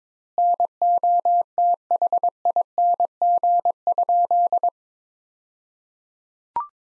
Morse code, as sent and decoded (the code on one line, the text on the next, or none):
-. --- - .... .. -. --. ..--..
NOTHING?